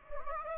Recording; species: mosquito wingbeat signal from an infrared sensor; Anopheles gambiae